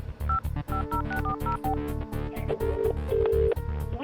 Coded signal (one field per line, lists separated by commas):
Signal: DTMF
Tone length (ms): 110 ms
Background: music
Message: 550640